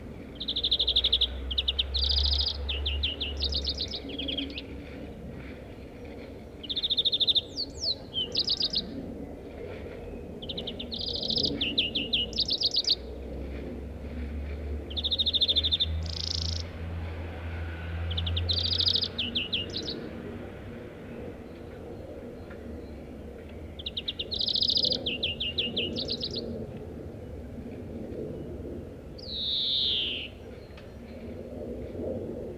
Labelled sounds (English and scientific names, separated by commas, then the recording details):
European Greenfinch (Chloris chloris)
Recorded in the wild
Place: Wuppertal, Nordrhein-Westfalen, DE
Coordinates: 51.23, 7.2
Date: 1995-04-20
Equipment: Sony WM-D6C
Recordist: Skiba, Reinald